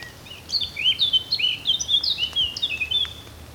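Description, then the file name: Eurasian blackcap singing a rapid, varied warble of clear whistled and slurred notes, rising and falling, lasting about three seconds over faint background hiss. "Sylvia atricapilla"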